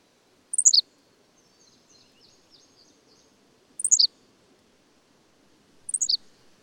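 Bird song: three rapid high phrases of four notes each dropping in pitch, separated by pauses, with faint high twittering between them.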